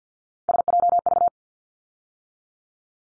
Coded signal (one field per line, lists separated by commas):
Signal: Morse code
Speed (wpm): 50 wpm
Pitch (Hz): 700 Hz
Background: none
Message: SJV